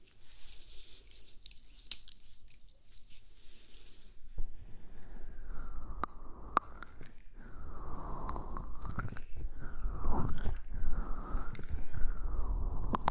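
Gentle ear brushing starts as soft bright hissing, then turns to rubbing, crunchy scraping with sharp clicks and rhythmic swishes after four seconds.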